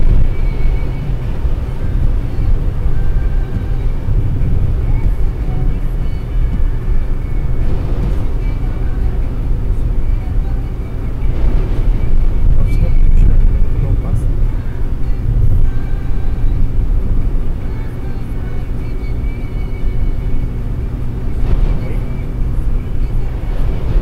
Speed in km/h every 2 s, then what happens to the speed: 131, 131, 128, 123, 119, 118, 119, 119, 119, 119, 121, 122.
0-7 slows to 119. 7-24 steady at about 119.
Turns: none.